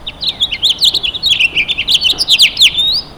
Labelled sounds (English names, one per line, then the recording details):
House Finch song
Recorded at Freeport on Long Island, New York, on 28 May 2013
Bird A